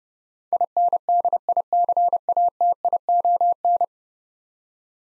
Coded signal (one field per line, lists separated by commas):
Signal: Morse code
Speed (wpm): 32 wpm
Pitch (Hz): 700 Hz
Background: none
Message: INDICATION